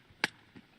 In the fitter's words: however you want it, and it'll click.